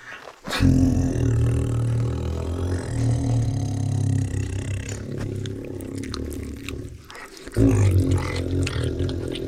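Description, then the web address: Tiger giving deep, rough, sustained growls, one long rumbling growl lasting several seconds, then a short pause and another loud growl starting. Many deep growls and licks from tigers. "Sound Ideas Tigers Sound Effects"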